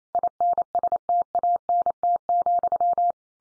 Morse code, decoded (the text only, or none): INSTANT,